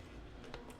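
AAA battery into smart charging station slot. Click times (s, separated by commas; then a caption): 0.5 s. A AAA rechargeable battery is dropped into a slot of an Ostation 2 Pro smart charging station, which shows "loading" as it begins checking the battery. Over a steady low background hum, a faint, short click is heard at 0.5 s as the battery seats into the slot.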